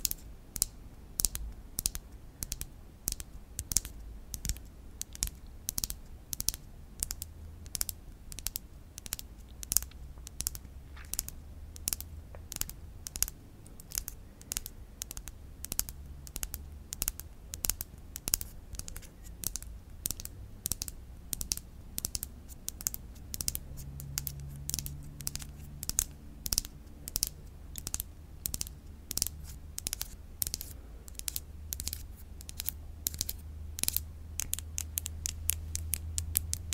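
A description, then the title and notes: Quick, crisp tapping and scratching on a hard surface goes on for the whole stretch. It sounds like dense clicking close to typing. The bright strikes come several times a second in a fairly steady pattern. A low hum rises and falls underneath, with a short tonal drone around the middle. ASMR Tingly Tapping, Tracing & Scratching.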